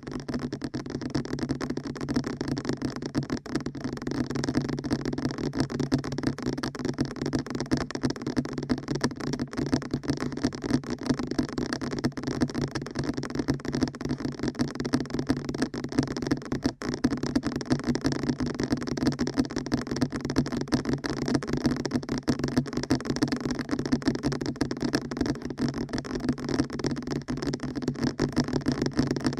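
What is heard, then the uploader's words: Fast ear tapping runs the whole way through as a dense, even stream of quick taps with no pauses. The level stays steady, with a low hum-like body under a crisp, rustly top. A few slightly sharper taps stand out now and then. ASMR Fast Ear Tapping (No Talking).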